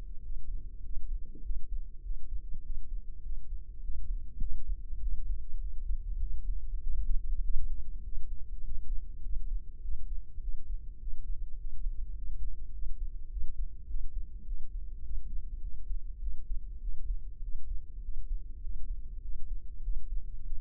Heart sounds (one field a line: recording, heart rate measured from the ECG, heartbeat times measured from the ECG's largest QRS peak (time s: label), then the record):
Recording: heart sounds by microphone in the left ear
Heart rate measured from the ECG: 101 bpm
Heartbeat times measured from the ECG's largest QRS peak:
0.24 s: heartbeat
0.84 s: heartbeat
1.45 s: heartbeat
2.04 s: heartbeat
2.64 s: heartbeat
3.24 s: heartbeat
3.83 s: heartbeat
4.42 s: heartbeat
5.02 s: heartbeat
5.61 s: heartbeat
6.21 s: heartbeat
6.82 s: heartbeat
7.43 s: heartbeat
8.05 s: heartbeat
8.65 s: heartbeat
9.24 s: heartbeat
9.84 s: heartbeat
10.42 s: heartbeat
11.01 s: heartbeat
11.60 s: heartbeat
12.17 s: heartbeat
12.74 s: heartbeat
13.31 s: heartbeat
13.89 s: heartbeat
14.47 s: heartbeat
15.05 s: heartbeat
15.63 s: heartbeat
16.22 s: heartbeat
16.82 s: heartbeat
17.43 s: heartbeat
18.04 s: heartbeat
18.63 s: heartbeat
19.24 s: heartbeat
19.85 s: heartbeat
20.46 s: heartbeat
From the record:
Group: healthy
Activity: cold pressor test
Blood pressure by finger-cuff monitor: 140/91 mmHg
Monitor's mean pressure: 106 mmHg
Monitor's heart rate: 100 bpm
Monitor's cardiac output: 7.5 L/min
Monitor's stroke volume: 74 mL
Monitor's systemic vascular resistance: 1060 dyn s/cm5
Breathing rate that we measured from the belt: 18 breaths a minute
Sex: male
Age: 21 years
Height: 175 cm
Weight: 72.6 kg